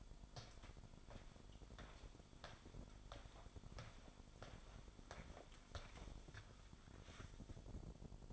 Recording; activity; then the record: daily activity, microphone in the room; walk to room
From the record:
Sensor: 5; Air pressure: 1008.3 hPa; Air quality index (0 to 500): 124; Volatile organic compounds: 1 ppm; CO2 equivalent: 950 ppm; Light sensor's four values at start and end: 34/78/31/31 and 45/79/41/47